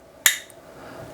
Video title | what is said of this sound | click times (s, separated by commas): Machining a Custom 1.5GT Pulley Without a Lathe for Zero Gravity Coupling - MRRF 26 Update | it just clicks in place. | 0.3 s